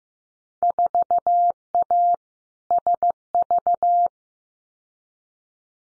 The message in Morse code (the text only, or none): 4A SV